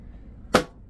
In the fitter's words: and then they'll click right in.